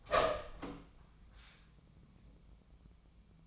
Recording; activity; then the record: daily activity, microphone in the room; open door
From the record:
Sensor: 1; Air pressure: 1004.9 hPa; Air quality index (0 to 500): 82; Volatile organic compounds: 2 ppm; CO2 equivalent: 1111 ppm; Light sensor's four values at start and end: 9/23/9/10 and 9/23/9/10